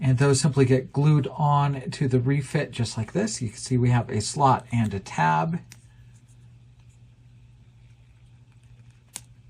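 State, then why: Seated. Someone talks for about the first six seconds, then a plastic model-kit nacelle is pushed onto a starship model hull, fitting by a slot and tab. A few faint soft sounds follow in the quiet. A sharp click at 9.2 s marks the nacelle snapping into place on the hull.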